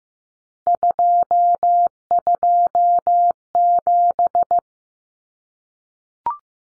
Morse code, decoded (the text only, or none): 227